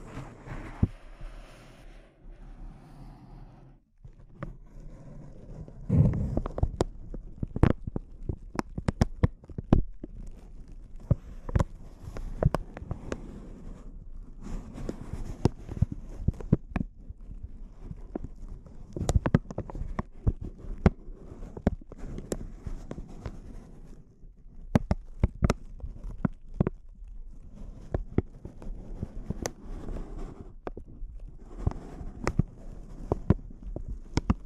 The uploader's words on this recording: ASMR Intense Close-Up Crinkles (No Talking).